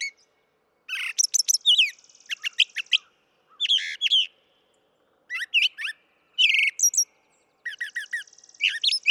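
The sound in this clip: Brown thrasher song: bursts of varied, rich chirps and slurred whistles in short phrases separated by brief pauses, some notes repeated in quick groups.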